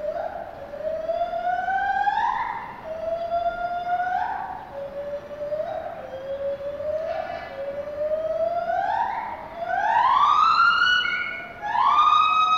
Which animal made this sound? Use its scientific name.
Hylobates lar